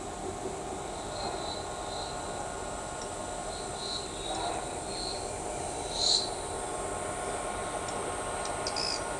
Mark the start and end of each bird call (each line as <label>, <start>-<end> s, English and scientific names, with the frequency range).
Ochre-lored Flatbill (Tolmomyias flaviventris) (4.4-6.4 kHz), 0.51-0.90 s
Ochre-lored Flatbill (Tolmomyias flaviventris) (5.1-6.7 kHz), 2.28-2.59 s
Ochre-lored Flatbill (Tolmomyias flaviventris) (5.0-6.3 kHz), 3.27-3.57 s
Ochre-lored Flatbill (Tolmomyias flaviventris) (4.7-6.3 kHz), 4.12-4.45 s
Ochre-lored Flatbill (Tolmomyias flaviventris) (4.8-6.3 kHz), 5.05-5.28 s
Ochre-lored Flatbill (Tolmomyias flaviventris) (4.6-6.3 kHz), 5.87-6.22 s
Ochre-lored Flatbill (Tolmomyias flaviventris) (4.6-6.5 kHz), 7.84-8.16 s